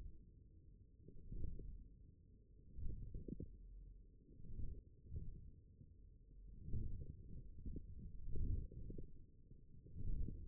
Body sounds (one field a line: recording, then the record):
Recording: forearm muscle sounds (acoustic myography)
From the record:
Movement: wrist flexion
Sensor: system 1, eight BSWA MPA416 microphones around the upper forearm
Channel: 5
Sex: male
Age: 42 years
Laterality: right